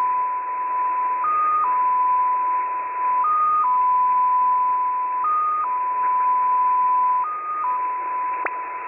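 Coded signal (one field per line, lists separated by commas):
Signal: multi-tone FSK (Olivia or MFSK type)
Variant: XPA2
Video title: XPA2 On 11163kHz USB February 7, 2021 12:00 UTC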